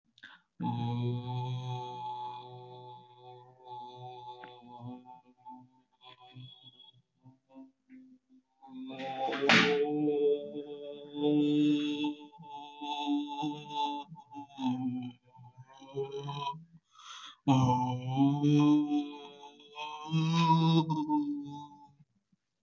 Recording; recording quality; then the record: sustained vowel as in boot; excellent, no background noise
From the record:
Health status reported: healthy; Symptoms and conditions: cold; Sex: male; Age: 26 years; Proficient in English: yes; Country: India